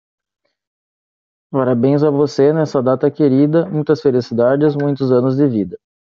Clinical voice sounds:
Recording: short text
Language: Brazilian Portuguese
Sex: male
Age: 30 to 39 years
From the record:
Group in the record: control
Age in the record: 32 years

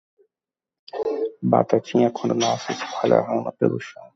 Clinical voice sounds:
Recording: short text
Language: Brazilian Portuguese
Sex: male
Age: 40 to 49 years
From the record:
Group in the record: control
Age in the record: 40 years

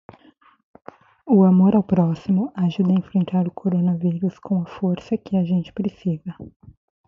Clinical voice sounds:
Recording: spoken sentence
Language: Brazilian Portuguese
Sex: female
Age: 30 to 39 years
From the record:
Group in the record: control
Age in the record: 36 years

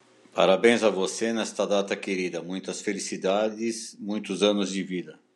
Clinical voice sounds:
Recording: short text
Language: Brazilian Portuguese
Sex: male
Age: 60 to 69 years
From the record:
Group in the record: control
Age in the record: 60 years

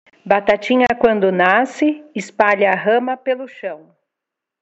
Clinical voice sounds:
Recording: short text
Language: Brazilian Portuguese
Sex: female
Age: 50 to 59 years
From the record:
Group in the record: control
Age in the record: 50 years

